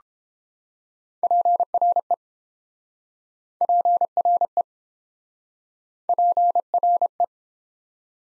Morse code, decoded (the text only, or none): PRE PRE PRE